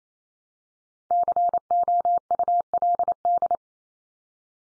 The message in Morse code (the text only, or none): COULD